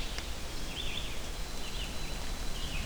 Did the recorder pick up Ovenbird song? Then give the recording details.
no. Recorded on 24 June 2016 at 05:25. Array SBT-6-76